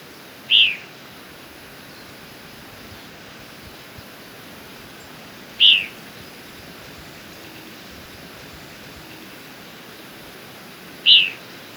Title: Myiothlypis Nigrocristata